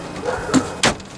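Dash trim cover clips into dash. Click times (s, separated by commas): 0.5 s, 0.8 s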